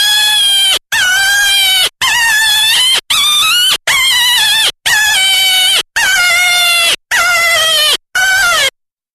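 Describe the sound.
Jackrabbit distress cries, about ten strident, wailing screams at roughly one per second, ending in silence.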